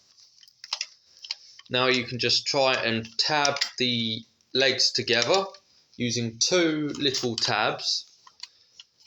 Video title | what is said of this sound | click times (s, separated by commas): KO masterpiece ultra Magnus review | snaps down my ratchet locks into place by clicking the panel up | 0.6 s, 0.7 s, 0.8 s